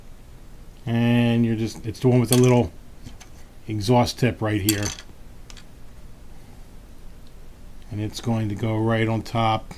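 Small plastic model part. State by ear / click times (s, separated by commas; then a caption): not seated / none. Someone talks while picking up the muffler half with the little exhaust tip for an Agora Models Lamborghini Miura scale model car engine and lining it up above its mounting peg. Only small handling ticks are heard, around 3.2, 5.5 and 5.6 s. Nothing has snapped in yet.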